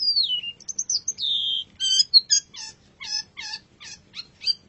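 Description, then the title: Long-tailed shrike song opening with a long falling whistle, then harsh nasal notes repeated in a rapid, rhythmic series. Champion songbird. "Kicau Burung Cendet Juara"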